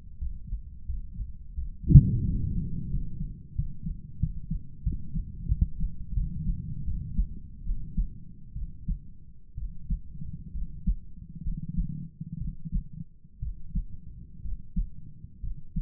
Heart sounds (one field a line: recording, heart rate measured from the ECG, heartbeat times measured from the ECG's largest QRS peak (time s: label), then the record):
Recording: heart sounds by stethoscope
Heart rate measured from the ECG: 75 bpm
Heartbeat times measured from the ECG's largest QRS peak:
0.17 s: heartbeat
0.84 s: heartbeat
1.53 s: heartbeat
2.22 s: heartbeat
2.89 s: heartbeat
3.55 s: heartbeat
4.19 s: heartbeat
4.83 s: heartbeat
5.48 s: heartbeat
6.14 s: heartbeat
6.85 s: heartbeat
7.64 s: heartbeat
8.54 s: heartbeat
9.56 s: heartbeat
10.52 s: heartbeat
11.43 s: heartbeat
12.39 s: heartbeat
13.40 s: heartbeat
14.42 s: heartbeat
15.41 s: heartbeat
From the record:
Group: healthy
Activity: Valsalva maneuver 0-2 s, rest 2-16 s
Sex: male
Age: 35 years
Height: 180 cm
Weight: 86.9 kg